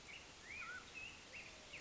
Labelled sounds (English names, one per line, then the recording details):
Mountain Quail
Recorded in Sonoma County, California